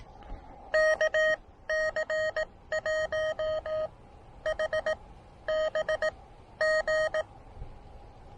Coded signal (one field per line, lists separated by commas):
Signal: Morse code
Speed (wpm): 18 wpm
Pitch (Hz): 620 Hz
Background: none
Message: KC1HBG